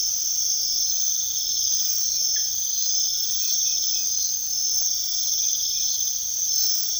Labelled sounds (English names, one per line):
none